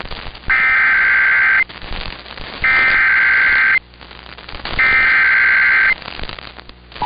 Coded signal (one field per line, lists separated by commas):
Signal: Emergency Alert System (SAME) tones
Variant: header bursts